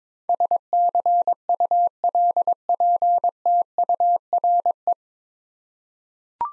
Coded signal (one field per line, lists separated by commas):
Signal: Morse code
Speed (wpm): 21 wpm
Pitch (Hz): 700 Hz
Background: none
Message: SCULPTURE